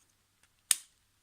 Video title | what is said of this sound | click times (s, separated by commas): Transformers RID Combiner Force Galvatronus | Hear that click? So you push it up until it clicks, and that locks it in. | 0.7 s